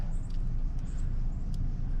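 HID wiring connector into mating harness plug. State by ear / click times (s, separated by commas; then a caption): seated / 1.5 s. An HID kit wiring connector for a Nissan Altima headlight install is pushed together by hand into its mating harness plug, over a steady low rumble with a few faint high ticks. The plastic connector snaps home with a short, sharp click at 1.5 s, confirming it is seated.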